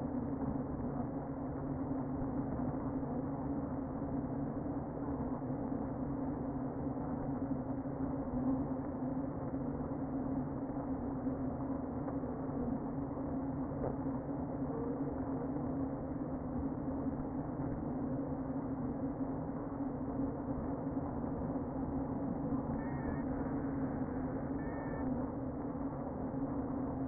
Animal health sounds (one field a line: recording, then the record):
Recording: honeybee colony, microphone inside the hive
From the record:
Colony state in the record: queen present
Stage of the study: before two queens were removed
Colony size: about 60,000 bees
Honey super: yes